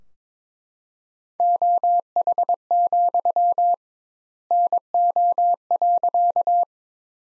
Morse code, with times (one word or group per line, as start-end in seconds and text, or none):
1.4-3.7 OH,
4.5-6.6 NO.